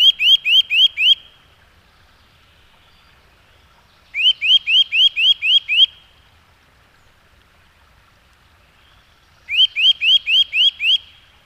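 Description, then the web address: Eurasian nuthatch repeating short bursts of five to seven quick upslurred piping notes, each burst separated by a few seconds of quiet. "agykontroll Madardalok Cd 1. Csuszka"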